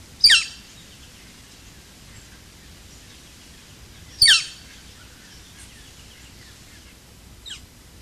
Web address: chant xeno-canto pic flamboyant